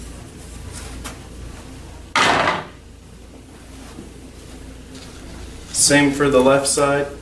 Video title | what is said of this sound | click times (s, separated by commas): Vídeo Técnico 1 - DNP RX1 | until you hear it snap and then lift it up and out | 2.2 s